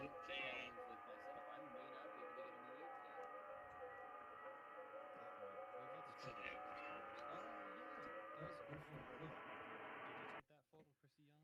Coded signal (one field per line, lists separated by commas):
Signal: FT8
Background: speech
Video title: 11-11-2021 Thursday Evening FT8 Off Live Stream